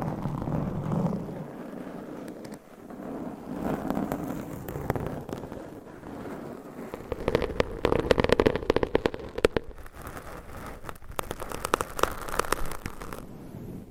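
Scratching and tapping sounds over a low, rubbing massage texture. The first seven seconds are a steadier, muffled brushing that rises and falls. After about seven seconds, dense bursts of quick, sharp taps and crackles take over, clustering around eight to nine and eleven to thirteen seconds.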